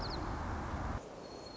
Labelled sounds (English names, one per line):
White-crowned Sparrow